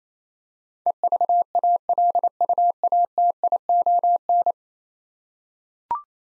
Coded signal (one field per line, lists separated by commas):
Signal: Morse code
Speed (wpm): 28 wpm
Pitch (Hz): 700 Hz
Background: none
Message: EVALUATION